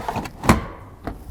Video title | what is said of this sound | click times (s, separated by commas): Winnebago How To Solis Emptying Cassette Toilet Tank | it clicks and locks into place | 0.5 s